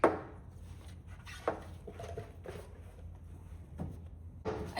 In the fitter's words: secure this in, this is just gonna snap into place. We're just gonna push it in.